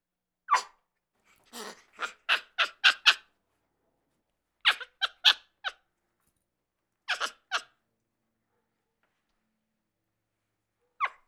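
Capuchin monkey harsh chattering fear calls in rapid bursts of several notes, with pauses between groups and one last call at the end.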